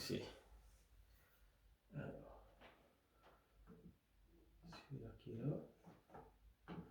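A part of a 1/4 scale resin Captain America statue from Marvel Avengers: Endgame by Iron Studios is brought to its mounting point on the statue body and pulls in magnetically. Someone talks, and then the part snaps into place with a short click at 6.7 s, seated.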